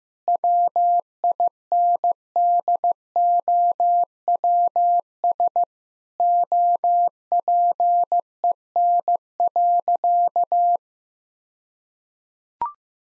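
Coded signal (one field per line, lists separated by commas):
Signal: Morse code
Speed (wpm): 15 wpm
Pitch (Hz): 700 Hz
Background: none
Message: WINDOWS OPEN.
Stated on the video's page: Morse code practice at 15 wpm sending jokes, using contextual priming.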